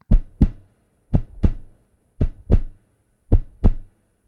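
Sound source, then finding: Heartbeat. Heartbeat.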